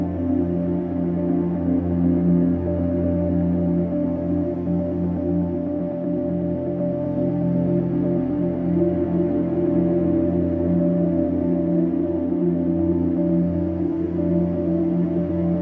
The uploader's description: a soft and nostalgic standup piano